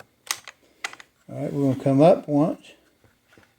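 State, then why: Not seated. Someone handles the plastic choke/start lever on the carburetor control of a STIHL MS271 chainsaw after reinstalling its carburetor during a carburetor replacement, getting ready to move the lever up one position into its detent. A few sharp, light handling ticks sound near 0.3 s and 0.85 s, then someone talks from about 1.3 to 2.6 s, followed by faint small ticks. The clip ends before the lever reaches its detent, so nothing has clicked into position yet.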